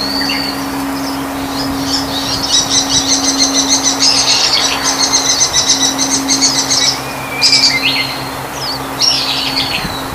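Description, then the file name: Japanese bush warbler giving a long, rapid run of high pulsed notes for several seconds, with short whistled phrases, over a steady low hum. "uguisu"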